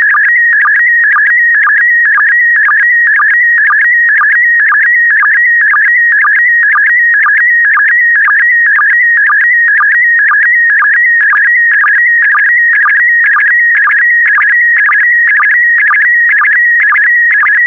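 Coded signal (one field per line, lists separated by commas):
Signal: SSTV (slow-scan television)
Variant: PD120 mode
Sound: steady warbling whistle around 2 kHz with regular chirping clicks twice a second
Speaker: complete. You can now check your decoded image against the picture that is shown on the video.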